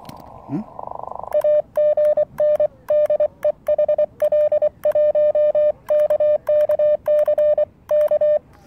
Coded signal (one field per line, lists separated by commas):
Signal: Morse code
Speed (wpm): 23 wpm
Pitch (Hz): 590 Hz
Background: none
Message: AGN DE HL1KKC K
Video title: SOTA Operation,백련산